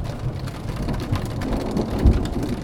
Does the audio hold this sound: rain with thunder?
yes